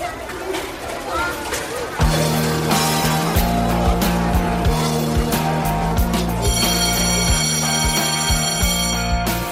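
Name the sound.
school bell ringing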